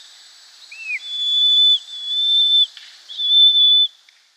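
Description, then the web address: Eurasian pygmy owl young giving thin, high, drawn-out whistles, three long even notes after a brief curved opening note, each under a second. Downy young. "Schulze Peter Pygmy Owl"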